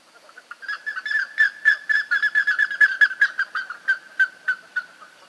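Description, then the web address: Plumbeous ibis calling in a fast, uneven run of harsh, trumpeting notes, several per second, swelling in the middle before slowing toward the close. "sound Plumbeous-ibis. صدای-پرنده-اکراس-سربی"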